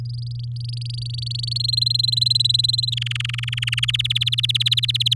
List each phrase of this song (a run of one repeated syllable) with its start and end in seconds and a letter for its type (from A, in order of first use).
0.05-1.58 A, 1.60-2.94 B, 2.97-3.91 C, 3.94-5.14 D